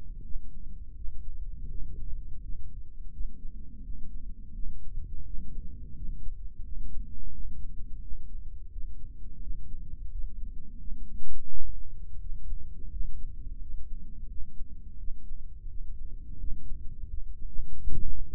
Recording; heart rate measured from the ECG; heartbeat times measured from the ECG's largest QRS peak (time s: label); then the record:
heart sounds by microphone in the right ear; 85 bpm
0.23 s: heartbeat
0.95 s: heartbeat
1.69 s: heartbeat
2.41 s: heartbeat
3.12 s: heartbeat
3.82 s: heartbeat
4.53 s: heartbeat
5.25 s: heartbeat
5.95 s: heartbeat
6.64 s: heartbeat
7.32 s: heartbeat
8.01 s: heartbeat
8.71 s: heartbeat
9.41 s: heartbeat
10.10 s: heartbeat
10.79 s: heartbeat
11.48 s: heartbeat
12.19 s: heartbeat
12.91 s: heartbeat
13.60 s: heartbeat
14.29 s: heartbeat
14.98 s: heartbeat
15.68 s: heartbeat
16.39 s: heartbeat
17.09 s: heartbeat
17.78 s: heartbeat
From the record:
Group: healthy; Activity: rest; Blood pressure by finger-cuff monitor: 159/85 mmHg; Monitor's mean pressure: 103 mmHg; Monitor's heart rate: 86 bpm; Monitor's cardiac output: 8.4 L/min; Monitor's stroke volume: 98 mL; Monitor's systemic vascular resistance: 900 dyn s/cm5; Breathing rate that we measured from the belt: 17 breaths a minute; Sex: male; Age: 57 years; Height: 188 cm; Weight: 106 kg